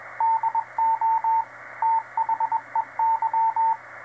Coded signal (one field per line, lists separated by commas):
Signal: Morse code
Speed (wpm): 21 wpm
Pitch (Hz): 900 Hz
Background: radio noise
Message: DO THEY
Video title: Is 6 Meters the Best Ham Radio Band???